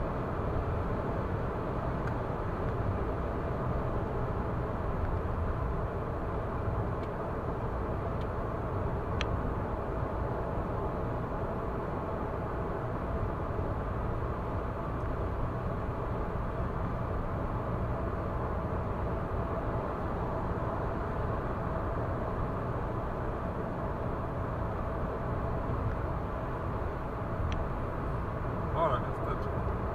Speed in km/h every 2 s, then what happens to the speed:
110, 110, 107, 104, 103, 105, 106, 106, 106, 106, 106, 106, 106, 106, 106.
0-7 slows to 103. 7-30 steady at about 106.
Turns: none.